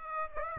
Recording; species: mosquito wingbeat signal from an infrared sensor; Aedes aegypti